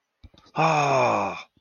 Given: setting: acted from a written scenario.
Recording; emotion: vocal sound without words; distress